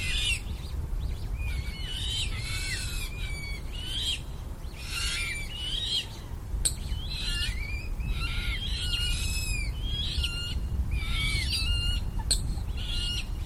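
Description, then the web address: Eurasian coot chicks piping continuously with high, wavering squeaks, many short notes crowding together, against a low steady rumble. Young birds. "linnut nokikana nuoret"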